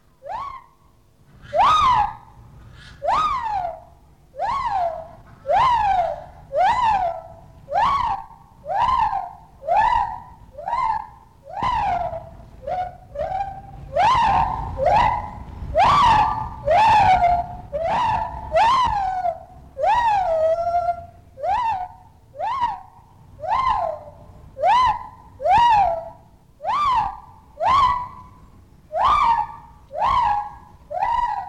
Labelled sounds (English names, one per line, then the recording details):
Lar Gibbon
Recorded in captivity
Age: adult
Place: Zoo Köln, Nordrhein-Westfalen, DE
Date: 1960-06-10 12:00
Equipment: Vollspur, Reporter
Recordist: Tembrock, Günter